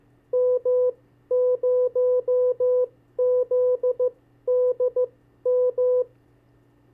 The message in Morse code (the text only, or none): M0ZDM